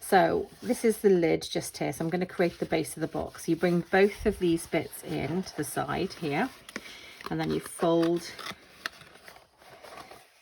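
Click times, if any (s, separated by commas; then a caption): 8.9 s. Someone talks while folding the cardstock side piece of a mini paper pumpkin box base over so its tabs go into two slots in the base. A sharp click at 8.9 s marks the tab seating into the slots, followed by a quieter tick at 9.3 s.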